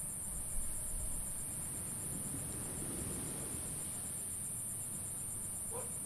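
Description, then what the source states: Insect buzzing as a steady, very high-pitched drone with a fast pulsing edge, over a constant low rumble. Recorded by the ocean at Phan Rang, with calm waves; the insect calls are described as zapping.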